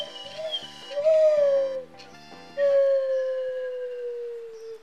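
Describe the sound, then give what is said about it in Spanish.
An imitated whimper of a dog suffering from fireworks, made using a plunger: high, whistly whining tones that slide and fall in pitch, a couple of short wavering cries followed by one long, steadily drooping whine, with no talking. “Estaba sufriendo la pirotecnia ese perro.”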